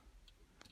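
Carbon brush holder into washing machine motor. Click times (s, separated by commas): 0.6 s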